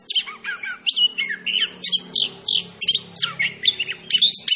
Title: Anis Kembang Gacor 8. Suara Anis Kembang Macan